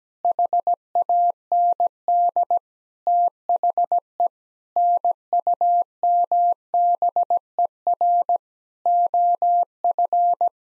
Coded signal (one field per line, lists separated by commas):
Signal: Morse code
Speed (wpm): 17 wpm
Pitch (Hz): 700 Hz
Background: none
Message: HAND THE NUMBER OF